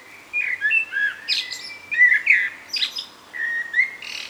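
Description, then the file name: Common blackbird song: short, fluty whistled notes that slur up and down, interrupted by thin, squeaky high flourishes. "Turdus merula"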